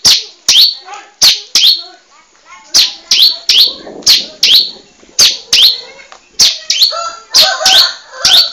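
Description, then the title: Bar-winged prinia song: loud, sharp high chirps, often in pairs, with softer twittering notes between them. "Suara Burung Ciblek"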